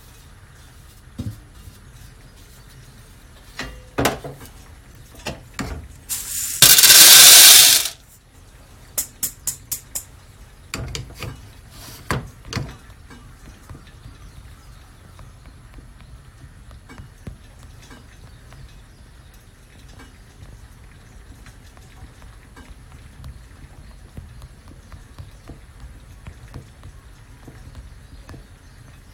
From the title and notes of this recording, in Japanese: 今朝は”グアテマラSHB”を焙煎。